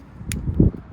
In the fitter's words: Hear the click.